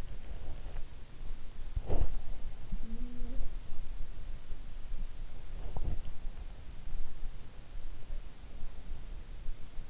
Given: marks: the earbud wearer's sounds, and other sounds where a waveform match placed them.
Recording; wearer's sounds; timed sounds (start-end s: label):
sounds in sleep by an in-ear microphone; body movement, snoring breath
0.00-1.00 s: body movement
1.66-2.16 s: body movement
2.61-3.51 s: snoring breath
5.62-6.05 s: body movement